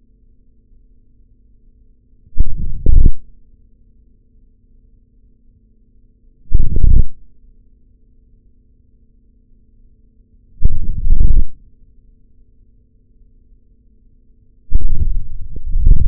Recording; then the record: forearm muscle sounds (acoustic myography)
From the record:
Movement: forearm pronation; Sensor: system 3, bracelet of six PUI Audio POM-2738L microphones around the upper forearm, with dedicated amplification and filtering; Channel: 4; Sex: male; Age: 26 years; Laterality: right